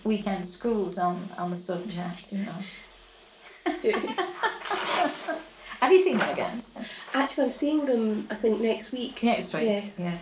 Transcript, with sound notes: weekend schools on the subject.
Yeah. [laughs]
Have you seen them again since?
Actually I'm seeing them, I think, next week.
Next week. Yeah.